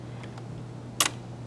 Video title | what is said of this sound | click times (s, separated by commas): Threading a Machine | There's my click. Oh, there was my click, okay? | 1.0 s